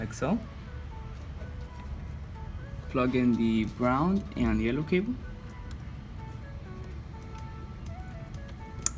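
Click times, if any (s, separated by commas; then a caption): 8.9 s. Someone talks while the brown and yellow cable's plug is pushed into the grinder wiring socket of a coffee vending machine during reinstallation of the grinder, with faint steady tones in the background. A sharp, loud click at 8.9 s marks the connector seating.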